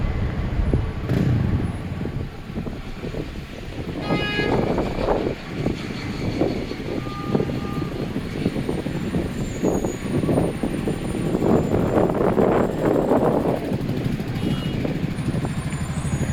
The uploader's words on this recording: Long island city (NYC) traffic on a Friday afternoon. Walking along 41st Ave in Long Island City. This isnt even Manhattan, this is Queens 2 blocks from a subway station & bus lane.